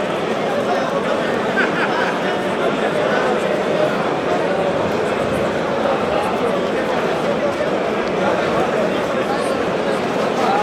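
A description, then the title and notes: A large crowd talks at once in an echoing space, a dense, steady wash of overlapping voices with no single speaker standing out. Large Echoing Crowd of Happy People.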